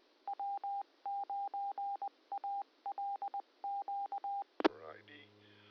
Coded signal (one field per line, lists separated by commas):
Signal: Morse code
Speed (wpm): 20 wpm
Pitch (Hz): 800 Hz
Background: speech, radio noise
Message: W9ALQ